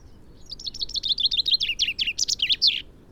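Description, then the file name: Common chaffinch singing one quick phrase of crisp repeated notes that ends in an accented flourish. "Fringilla coelebs"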